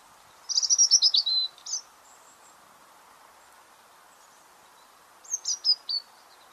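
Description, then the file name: European robin delivering a rapid, high warbled phrase with tumbling notes, a long pause, then a briefer twittering phrase, all over a soft steady hiss. "Erithacus rubecula"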